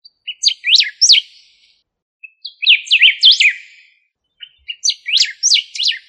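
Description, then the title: Bird song in three separate phrases, each a quick run of sweeping up-and-down whistled notes, the phrases coming about two seconds apart with silence between them. "LuckyPassaro Completos2Sama"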